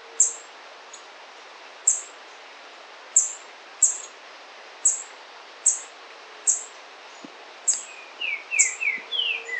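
White-browed foliage-gleaner repeating piercing high ticks at irregular spacing, ending with a quick cascade of lower, downslurred notes.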